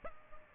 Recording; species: mosquito wingbeat signal from an infrared sensor; Aedes albopictus